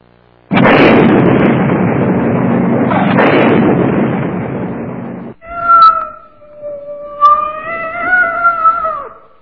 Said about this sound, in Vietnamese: Một tiếng meo dài thảm thiết vang lên, cùng một chú mèo bị hất tung lên như một tên lửa chói sáng, rồi lại rơi vào hố tro tàn.